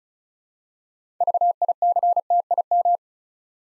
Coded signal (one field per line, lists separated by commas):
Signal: Morse code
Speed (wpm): 36 wpm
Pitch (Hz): 700 Hz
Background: none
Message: VICTIM